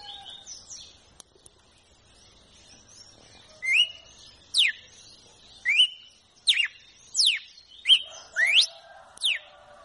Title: Canto Galo Campina Fêmea. GALO CAMPINA CANTO SELVAGEM PARA ESQUENTAR FOGUEAR